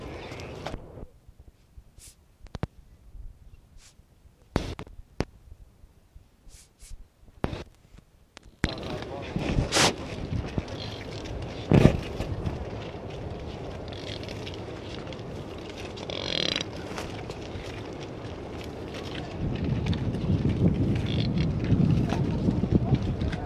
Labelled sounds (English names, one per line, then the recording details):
Mule Deer call
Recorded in captivity
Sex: male
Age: adult
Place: Tierpark Berlin, Berlin, DE
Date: 1965-12-05 11:30
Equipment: Uher 4000 Report-S, Transistorverstärker II, Sennheiser MD 421
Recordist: Tembrock, Günter